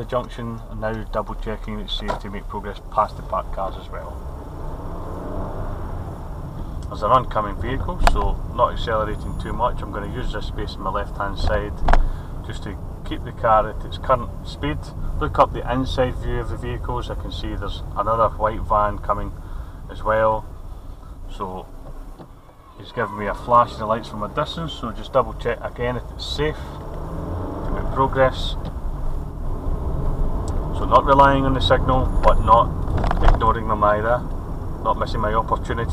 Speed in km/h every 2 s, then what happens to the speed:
6, 10, 19, 21, 21, 19, 19, 18, 16, 11, 5, 0, 8, 18, 23, 29, 32, 32.
1-4 speeds up to 19. 4-9 steady at about 21. 9-21 slows to 0. 21-23 standing. 23-31 pulls away to 32.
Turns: none.